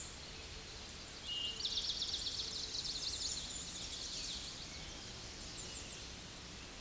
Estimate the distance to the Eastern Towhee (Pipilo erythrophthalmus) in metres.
about 35 m